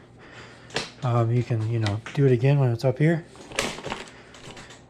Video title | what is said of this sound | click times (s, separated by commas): Initial impressions of the Zero 9. My first electric scooter! It's awesome! | push up till it snaps in place | 0.8 s